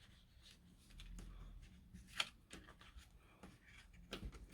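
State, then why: Not seated. The closure on a handmade card folio is handled, with soft paper rustles, scraping and several sharp ticks. The loudest is near the very end, at 4.5 s. Nothing has seated or snapped shut yet; the folio is still being handled.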